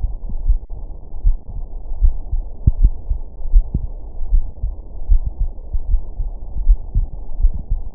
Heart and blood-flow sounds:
heart sounds
0.01	0.11	S2
0.11	0.45	diastole
0.45	0.59	S1
0.59	0.75	systole
0.75	0.85	S2
0.85	1.25	diastole
1.25	1.37	S1
1.37	1.53	systole
1.53	1.63	S2
1.63	2.01	diastole
2.01	2.15	S1
2.15	2.31	systole
2.31	2.43	S2
2.43	2.79	diastole
2.79	2.93	S1
2.93	3.09	systole
3.09	3.19	S2
3.19	3.51	diastole
3.51	3.65	S1
3.65	3.81	systole
3.81	3.91	S2
3.91	4.31	diastole
4.31	4.45	S1
4.45	4.63	systole
4.63	4.73	S2
4.73	5.09	diastole
5.09	5.23	S1
5.23	5.39	systole
5.39	5.51	S2
5.51	5.87	diastole
5.87	6.01	S1
6.01	6.19	systole
6.19	6.29	S2
6.29	6.63	diastole
6.63	6.77	S1
6.77	6.95	systole
6.95	7.07	S2
7.07	7.41	diastole
7.41	7.53	S1
7.53	7.71	systole
7.71	7.81	S2
7.81	7.95	diastole
From the record:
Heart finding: coronary artery disease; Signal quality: good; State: rest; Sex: female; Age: 80 years

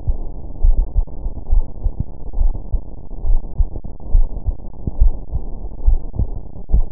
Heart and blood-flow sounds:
heart sounds
0.00	0.08	systole
0.08	0.18	S2
0.18	0.62	diastole
0.62	0.76	S1
0.76	0.96	systole
0.96	1.06	S2
1.06	1.50	diastole
1.50	1.64	S1
1.64	1.84	systole
1.84	1.94	S2
1.94	2.38	diastole
2.38	2.54	S1
2.54	2.72	systole
2.72	2.82	S2
2.82	3.26	diastole
3.26	3.40	S1
3.40	3.58	systole
3.58	3.68	S2
3.68	4.12	diastole
4.12	4.26	S1
4.26	4.46	systole
4.46	4.56	S2
4.56	4.98	diastole
4.98	5.12	S1
5.12	5.32	systole
5.32	5.42	S2
5.42	5.86	diastole
5.86	6.00	S1
6.00	6.18	systole
6.18	6.28	S2
6.28	6.72	diastole
6.72	6.86	S1
6.86	6.92	systole
From the record:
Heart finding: coronary artery disease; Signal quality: good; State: rest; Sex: female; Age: 68 years

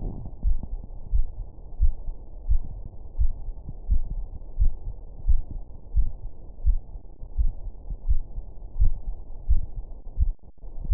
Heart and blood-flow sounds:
heart sounds
0.00	0.02	systole
0.02	0.12	S2
0.12	0.44	diastole
0.44	0.56	S1
0.56	0.70	systole
0.70	0.80	S2
0.80	1.14	diastole
1.14	1.26	S1
1.26	1.40	systole
1.40	1.48	S2
1.48	1.80	diastole
1.80	1.94	S1
1.94	2.06	systole
2.06	2.14	S2
2.14	2.48	diastole
2.48	2.60	S1
2.60	2.74	systole
2.74	2.84	S2
2.84	3.18	diastole
3.18	3.30	S1
3.30	3.44	systole
3.44	3.54	S2
3.54	3.90	diastole
3.90	4.02	S1
4.02	4.16	systole
4.16	4.26	S2
4.26	4.58	diastole
4.58	4.72	S1
4.72	4.86	systole
4.86	4.94	S2
4.94	5.26	diastole
5.26	5.40	S1
5.40	5.52	systole
5.52	5.62	S2
5.62	5.94	diastole
5.94	6.08	S1
6.08	6.22	systole
6.22	6.30	S2
6.30	6.66	diastole
6.66	6.80	S1
6.80	6.94	systole
6.94	7.02	S2
7.02	7.38	diastole
7.38	7.52	S1
7.52	7.66	systole
7.66	7.74	S2
7.74	8.08	diastole
8.08	8.20	S1
8.20	8.34	systole
8.34	8.42	S2
8.42	8.78	diastole
8.78	8.94	S1
8.94	9.08	systole
9.08	9.16	S2
9.16	9.48	diastole
9.48	9.62	S1
9.62	9.76	systole
9.76	9.86	S2
9.86	10.20	diastole
10.20	10.34	S1
10.34	10.46	systole
10.46	10.54	S2
10.54	10.88	diastole
10.88	10.93	S1
From the record:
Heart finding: coronary artery disease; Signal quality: good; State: rest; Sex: female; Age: 66 years

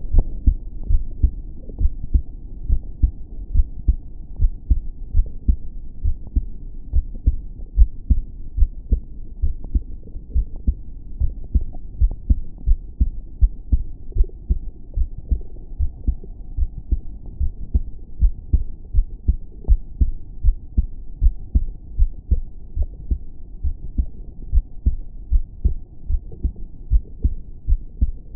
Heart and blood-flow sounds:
heart sounds
0.00	0.12	diastole
0.12	0.26	S1
0.26	0.44	systole
0.44	0.58	S2
0.58	0.88	diastole
0.88	1.02	S1
1.02	1.22	systole
1.22	1.36	S2
1.36	1.78	diastole
1.78	1.92	S1
1.92	2.12	systole
2.12	2.24	S2
2.24	2.66	diastole
2.66	2.80	S1
2.80	3.02	systole
3.02	3.14	S2
3.14	3.52	diastole
3.52	3.66	S1
3.66	3.86	systole
3.86	4.00	S2
4.00	4.38	diastole
4.38	4.52	S1
4.52	4.70	systole
4.70	4.82	S2
4.82	5.16	diastole
5.16	5.28	S1
5.28	5.48	systole
5.48	5.60	S2
5.60	6.02	diastole
6.02	6.16	S1
6.16	6.36	systole
6.36	6.50	S2
6.50	6.92	diastole
6.92	7.06	S1
7.06	7.26	systole
7.26	7.40	S2
7.40	7.76	diastole
7.76	7.90	S1
7.90	8.10	systole
8.10	8.22	S2
8.22	8.56	diastole
8.56	8.70	S1
8.70	8.90	systole
8.90	9.02	S2
9.02	9.42	diastole
9.42	9.54	S1
9.54	9.74	systole
9.74	9.88	S2
9.88	10.32	diastole
10.32	10.46	S1
10.46	10.66	systole
10.66	10.78	S2
10.78	11.18	diastole
11.18	11.32	S1
11.32	11.54	systole
11.54	11.66	S2
11.66	12.00	diastole
12.00	12.12	S1
12.12	12.28	systole
12.28	12.38	S2
12.38	12.66	diastole
12.66	12.80	S1
12.80	13.00	systole
13.00	13.12	S2
13.12	13.40	diastole
13.40	13.52	S1
13.52	13.72	systole
13.72	13.84	S2
13.84	14.16	diastole
14.16	14.28	S1
14.28	14.48	systole
14.48	14.60	S2
14.60	14.96	diastole
14.96	15.08	S1
15.08	15.30	systole
15.30	15.42	S2
15.42	15.78	diastole
15.78	15.90	S1
15.90	16.06	systole
16.06	16.18	S2
16.18	16.56	diastole
16.56	16.70	S1
16.70	16.90	systole
16.90	17.02	S2
17.02	17.40	diastole
17.40	17.52	S1
17.52	17.74	systole
17.74	17.86	S2
17.86	18.20	diastole
18.20	18.34	S1
18.34	18.52	systole
18.52	18.62	S2
18.62	18.94	diastole
18.94	19.06	S1
19.06	19.26	systole
19.26	19.38	S2
19.38	19.68	diastole
19.68	19.80	S1
19.80	20.00	systole
20.00	20.12	S2
20.12	20.44	diastole
20.44	20.56	S1
20.56	20.76	systole
20.76	20.88	S2
20.88	21.22	diastole
21.22	21.34	S1
21.34	21.54	systole
21.54	21.66	S2
21.66	21.98	diastole
21.98	22.10	S1
22.10	22.30	systole
22.30	22.44	S2
22.44	22.78	diastole
22.78	22.90	S1
22.90	23.10	systole
23.10	23.22	S2
23.22	23.62	diastole
23.62	23.76	S1
23.76	23.98	systole
23.98	24.10	S2
24.10	24.50	diastole
24.50	24.64	S1
24.64	24.86	systole
24.86	24.98	S2
24.98	25.32	diastole
25.32	25.44	S1
25.44	25.64	systole
25.64	25.76	S2
25.76	26.10	diastole
26.10	26.22	S1
26.22	26.44	systole
26.44	26.54	S2
26.54	26.92	diastole
26.92	27.04	S1
27.04	27.24	systole
27.24	27.36	S2
27.36	27.68	diastole
27.68	27.80	S1
27.80	28.00	systole
28.00	28.12	S2
28.12	28.36	diastole
From the record:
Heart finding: normal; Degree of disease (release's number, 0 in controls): 0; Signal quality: good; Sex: female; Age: 18 years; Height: 1.68 m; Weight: 55 kg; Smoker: yes

